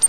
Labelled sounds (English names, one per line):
Grace's Warbler flight call